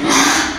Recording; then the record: squeal of a Yucatan mini pig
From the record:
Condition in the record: after surgery on the right vocal fold (resection and tissue-engineered implant); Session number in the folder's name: 3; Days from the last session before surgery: 33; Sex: male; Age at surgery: 12 weeks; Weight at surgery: 13 kg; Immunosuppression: cyclosporine, prednisolone